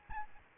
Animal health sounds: mosquito wingbeat signal from an infrared sensor; Aedes albopictus

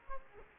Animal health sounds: mosquito wingbeat signal from an infrared sensor; Aedes aegypti

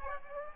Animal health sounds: mosquito wingbeat signal from an infrared sensor; Aedes aegypti

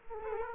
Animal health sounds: mosquito wingbeat signal from an infrared sensor; Culex quinquefasciatus

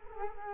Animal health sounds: mosquito wingbeat signal from an infrared sensor; Culex quinquefasciatus

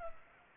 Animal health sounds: mosquito wingbeat signal from an infrared sensor; Culex pipiens

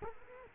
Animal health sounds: mosquito wingbeat signal from an infrared sensor; Culex quinquefasciatus

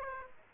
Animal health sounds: mosquito wingbeat signal from an infrared sensor; Aedes aegypti

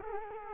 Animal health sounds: mosquito wingbeat signal from an infrared sensor; Culex quinquefasciatus

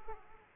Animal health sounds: mosquito wingbeat signal from an infrared sensor; Aedes aegypti

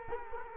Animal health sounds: mosquito wingbeat signal from an infrared sensor; Culex quinquefasciatus

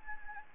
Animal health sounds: mosquito wingbeat signal from an infrared sensor; Anopheles gambiae

